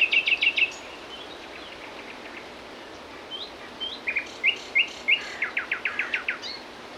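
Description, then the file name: Common nightingale song, beginning with a rapid burst of repeated notes, then scattered whistles building into a series of loud repeated chirps and a fast trill. "Luscinia megarhynchos"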